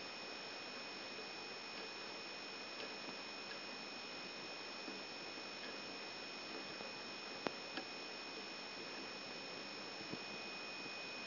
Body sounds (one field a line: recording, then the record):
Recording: brain microelectrode recording played as sound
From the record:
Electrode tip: outside the subthalamic nucleus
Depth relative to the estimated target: 4 mm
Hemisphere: right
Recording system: AlphaMap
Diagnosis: Parkinson's disease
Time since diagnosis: 14 years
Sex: male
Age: 66 years